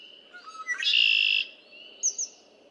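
Red-winged blackbird song: brief lead-in notes sliding into a loud rasping trill lasting over half a second, followed by two sharp high notes.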